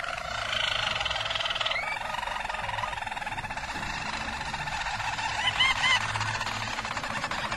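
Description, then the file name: Harz Roller canary song: an unbroken rapid roll, shifting pitch after a couple of seconds, with a few bright twittering notes near the end. Belgian Harz Roller canary song. "canto do canario belga harz roller"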